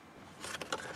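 The lower socket end of a rear hatch gas strut on a C4 Corvette is pressed by hand onto its ball stud on the body. After a low background hum, two sharp clicks sound at 0.6 s and 0.7 s as the socket pushes on and seats.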